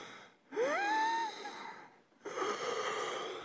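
An adult imitating an elderly woman's labored breathing: a whistling, rising wheezy intake, then a rough noisy breath, the sound of someone unable to get air, a constant background of breathing in her last years.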